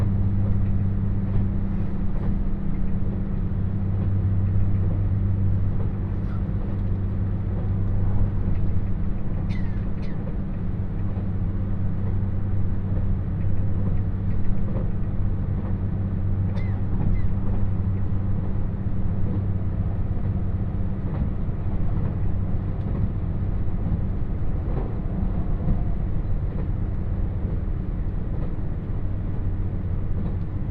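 Interior of a limited express train on a rural line, with a steady, deep engine drone and rumble that holds level the whole time. Faint clicks and rattles surface now and then, most clearly near ten and sixteen seconds.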